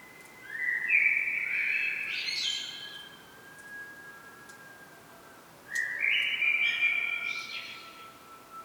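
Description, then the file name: Common blackbird song with two phrases: a clear low whistle rising into a scratchy high twitter, repeated after a pause of nearly three seconds. "Turdus merula"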